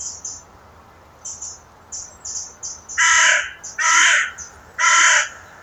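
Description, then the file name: Carrion crow uttering three rough caws in steady succession, while small birds twitter with high brief chirps throughout the background. "Corvus corone"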